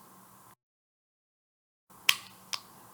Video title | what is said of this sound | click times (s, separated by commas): CZ 600 Bolt Disassembly and Recocking | until it clicks | 2.1 s